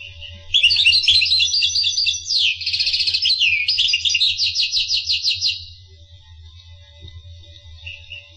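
Finch song: a burst of rapid twittering and rattling trills lasting about five seconds, then quiet with a faint high note.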